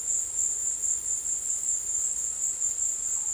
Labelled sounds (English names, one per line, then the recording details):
none
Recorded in dense forest near Puerto Asís, Putumayo, Colombia, on 22 December 2024 at 14:30
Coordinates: 0.482, -76.320
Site G021